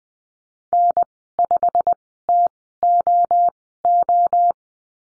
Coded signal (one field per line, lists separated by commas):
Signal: Morse code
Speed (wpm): 20 wpm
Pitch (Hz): 700 Hz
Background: none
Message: N5TOO